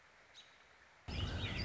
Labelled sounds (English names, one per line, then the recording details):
American Robin
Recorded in Sonoma County, California